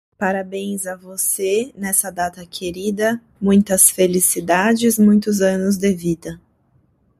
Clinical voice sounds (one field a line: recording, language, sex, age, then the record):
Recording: short text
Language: Brazilian Portuguese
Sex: female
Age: 30 to 39 years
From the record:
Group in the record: control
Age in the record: 30 years